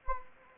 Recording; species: mosquito wingbeat signal from an infrared sensor; Anopheles gambiae